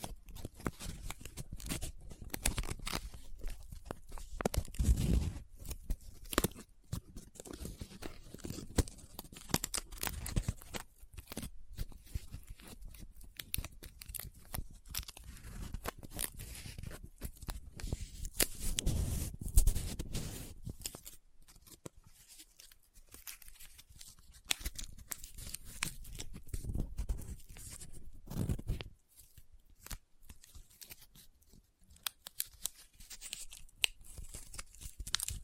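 Close up paper being handled, with dense bursts of crinkling, scratching and rubbing that crackle across the range from low thumps to bright hiss. Activity is busiest in the first twenty seconds, with heavier swells near 5 and 19 seconds, then turns sparser with short pauses.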